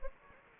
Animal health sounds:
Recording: mosquito wingbeat signal from an infrared sensor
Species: Anopheles gambiae

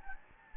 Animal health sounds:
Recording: mosquito wingbeat signal from an infrared sensor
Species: Anopheles gambiae

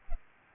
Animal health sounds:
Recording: mosquito wingbeat signal from an infrared sensor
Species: Aedes aegypti

